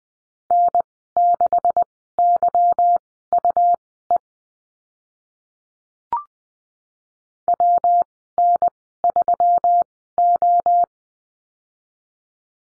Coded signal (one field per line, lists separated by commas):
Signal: Morse code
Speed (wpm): 20 wpm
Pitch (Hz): 700 Hz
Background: none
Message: N6YUE WN3O